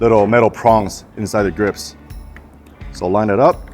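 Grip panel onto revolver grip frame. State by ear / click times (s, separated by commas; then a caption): not seated / none. Someone talks while lining up a grip panel with two small metal prongs inside it against the grip frame of an Ares APR Magnum (S&W 686) airsoft revolver. A few faint light clinks of handling are heard in a pause in the talking. Nothing has snapped into place yet when the clip ends.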